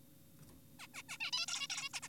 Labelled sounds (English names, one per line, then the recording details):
Zebra Finch
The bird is an adult
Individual g4p5U